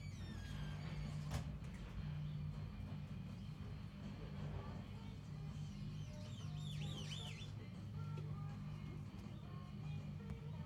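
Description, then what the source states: Bird call, a short run of wavy, warbled notes midway, over constant low traffic hum with a few faint chirps. Unidentified strange bird heard in Austin, Texas.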